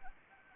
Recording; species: mosquito wingbeat signal from an infrared sensor; Anopheles arabiensis